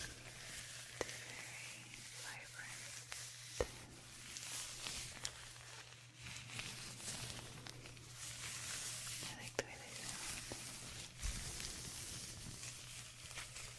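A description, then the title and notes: Close, dense crackling rustle of gloved hands moving over skin, with sharp clicks around one, four and ten seconds, over a steady low hum. ASMR The Most Detailed Face Exam (face touching, massage, measuring, gloves).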